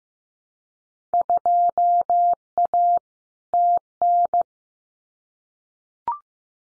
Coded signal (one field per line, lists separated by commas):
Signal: Morse code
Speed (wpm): 15 wpm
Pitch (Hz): 700 Hz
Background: none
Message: 2A TN